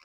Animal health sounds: pig call; piglet (1 to 25 days)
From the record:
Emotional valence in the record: positive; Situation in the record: short reunion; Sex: female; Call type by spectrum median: high-frequency call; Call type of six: low-frequency tonal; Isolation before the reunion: 3 minutes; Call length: 0.05 s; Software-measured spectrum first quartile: 1865 Hz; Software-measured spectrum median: 2863 Hz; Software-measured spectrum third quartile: 4996 Hz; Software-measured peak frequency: 2295 Hz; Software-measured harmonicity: -0.1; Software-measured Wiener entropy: -1.42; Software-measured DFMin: 707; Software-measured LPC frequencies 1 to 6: 1189, 2283, 2650, 4038, 5052, 5387 Hz

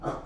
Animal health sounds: pig call; growing-finishing pig (85 days or more)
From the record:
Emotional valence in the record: positive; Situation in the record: run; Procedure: transit

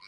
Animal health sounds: pig call; piglet (1 to 25 days)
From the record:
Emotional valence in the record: positive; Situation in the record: reunion after long isolation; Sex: female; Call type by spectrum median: high-frequency call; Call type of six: low-frequency tonal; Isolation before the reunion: 8 minutes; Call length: 0.08 s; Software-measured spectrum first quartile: 1861 Hz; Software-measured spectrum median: 3161 Hz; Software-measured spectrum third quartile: 4614 Hz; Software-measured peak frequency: 2257 Hz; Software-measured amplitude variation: 41 dB a second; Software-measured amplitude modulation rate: 6.2 a second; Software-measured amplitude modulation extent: 6.6 dB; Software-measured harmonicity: 1.1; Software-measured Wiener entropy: -1.93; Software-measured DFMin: 1501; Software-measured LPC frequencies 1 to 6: 1054, 2264, 4022, 4491, 4896, 8036 Hz

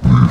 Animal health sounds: pig call; growing-finishing pig (85 days or more)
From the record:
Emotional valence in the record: positive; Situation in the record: run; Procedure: transit

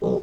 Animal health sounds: pig call; piglet (1 to 25 days)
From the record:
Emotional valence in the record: negative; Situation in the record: long isolation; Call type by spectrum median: low-frequency call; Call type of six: low-frequency modulated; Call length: 0.23 s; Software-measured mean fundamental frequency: 59 Hz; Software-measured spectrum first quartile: 225 Hz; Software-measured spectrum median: 379 Hz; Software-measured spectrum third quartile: 472 Hz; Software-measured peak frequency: 418 Hz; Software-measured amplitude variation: 139 dB a second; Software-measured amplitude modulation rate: 23.7 a second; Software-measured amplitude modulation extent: 5.9 dB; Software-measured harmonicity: 3.8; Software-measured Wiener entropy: -0.80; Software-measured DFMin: 1101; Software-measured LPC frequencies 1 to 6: 439, 3743, 5088, 5770, 7329, 9005 Hz

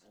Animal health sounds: pig call; piglet (1 to 25 days)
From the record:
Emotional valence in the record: positive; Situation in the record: reunion after long isolation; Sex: male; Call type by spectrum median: low-frequency call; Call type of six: low-frequency stable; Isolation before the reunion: 8 minutes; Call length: 0.12 s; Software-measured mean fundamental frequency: 72 Hz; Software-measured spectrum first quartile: 406 Hz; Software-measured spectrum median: 912 Hz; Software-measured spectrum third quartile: 4741 Hz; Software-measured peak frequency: 211 Hz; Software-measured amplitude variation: 62 dB a second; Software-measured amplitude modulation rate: 12.8 a second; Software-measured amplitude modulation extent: 4.9 dB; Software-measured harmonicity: -0.2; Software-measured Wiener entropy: -2.23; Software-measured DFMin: 891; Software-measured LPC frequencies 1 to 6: 566, 1603, 2979, 4147, 4678, 5706 Hz

